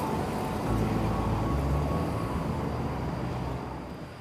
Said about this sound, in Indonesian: ini mobil udah datang.